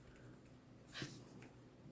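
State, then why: Not seated. A plastic insert piece is pushed onto a papercraft cutting and embossing tool, lined up and slid around by hand. Quiet rubbing and handling noise is heard, with a brief, louder broadband scrape near 1.0 s and a small tap at 1.4 s. The piece has not snapped into place yet, and nothing has seated or clicked.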